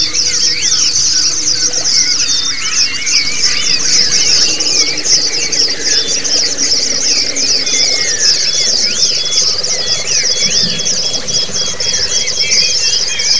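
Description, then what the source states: White-eyes singing together, a nonstop shrill twitter layered with looping whistled phrases that swoop up and down, with a faint low rumble underneath. Therapy recording of the 'ombyokan' style, with many white-eyes singing together.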